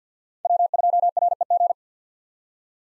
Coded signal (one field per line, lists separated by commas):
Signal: Morse code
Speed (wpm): 50 wpm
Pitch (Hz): 700 Hz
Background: none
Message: W2REG